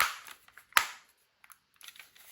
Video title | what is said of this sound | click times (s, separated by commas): Vader 4 Pro Back Paddle Mod | I'm going to push the controller shut you'll hear it click | 0.0 s, 0.8 s